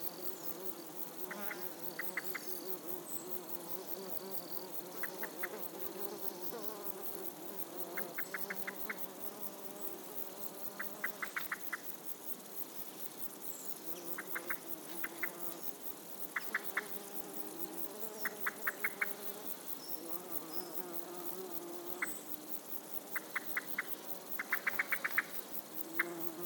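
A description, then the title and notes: Close insects buzz steadily through a warm summer morning, a low droning hum that wavers as they move about. Short bursts of quick, bright ticking chirps repeat every couple of seconds, with faint birds in the distance behind. Warm Summer Morning. A warm summer soundscape in an early morning revealing a variety of close insects and birds in the background. This place is an ancient neolithic era settlement: there are monoliths nearby. Field recording by Steven Baber.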